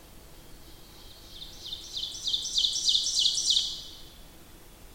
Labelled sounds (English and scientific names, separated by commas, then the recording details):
Ovenbird (Seiurus aurocapilla) song
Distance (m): 20 m
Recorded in boreal forest in Alberta, Canada, on 8 June 2016 at 08:37
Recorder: SongMeter 3, array SBT-3-9
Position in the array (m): 165 m, 150 m
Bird 35